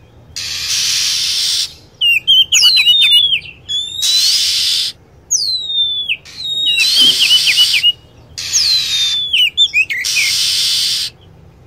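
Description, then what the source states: Lovebird calls: piercing, sliding whistles and short chirps in quick runs, alternating with loud bursts of broad, steamy hiss. Lure sound used to attract lovebirds.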